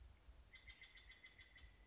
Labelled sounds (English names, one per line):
Steller's Jay